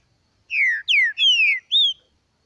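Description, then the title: Green-winged saltator song: four loud whistled notes, the first three falling, the last short. Nicão singing in the bush, competing in song with a free-living bird. "Trinca Ferro NICÃO No Mato Disputando Com Solto"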